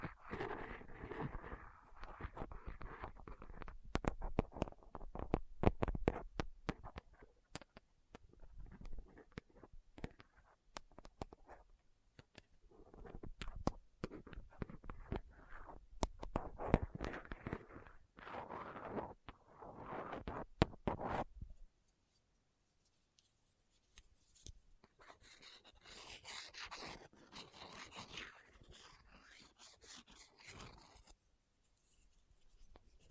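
Scratchy picking and scraping on a microphone with dental pick, tweezers and cotton swab, dense rough bursts, quieter brighter scratching after twenty seconds.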